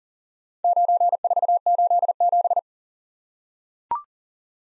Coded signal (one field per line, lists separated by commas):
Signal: Morse code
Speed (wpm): 42 wpm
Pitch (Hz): 700 Hz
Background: none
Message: 9487